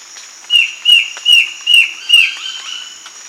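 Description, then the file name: Bird repeating a bright whistled note five times at an even pace, each note bending downward, over faint background hiss. "SABIOD 50 bird 2015"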